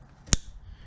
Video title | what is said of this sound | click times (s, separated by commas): How To Install a Roto-Fab Cold Air Intake - 2010 - 2015 Camaro SS - Step-by-Step Installation | the mass airflow push in until you hear a click | 0.3 s